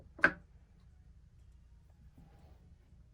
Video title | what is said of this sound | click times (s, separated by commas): 4K Judge Dredd 1/3 Scale Statue By PCS Collectibles Review and Unboxing | And that pops right into place. | 0.2 s